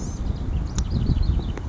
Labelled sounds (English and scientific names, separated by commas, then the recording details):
Blue-gray Gnatcatcher (Polioptila caerulea)
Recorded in Sonoma County, California